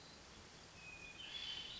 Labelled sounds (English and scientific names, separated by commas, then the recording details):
Hermit Thrush (Catharus guttatus)
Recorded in Sonoma County, California